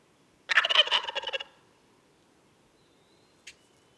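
Wild turkey gobbling: one loud, fast, bubbling rattle of about a second, followed by quiet with a faint thin whistle and a single sharp click near the end.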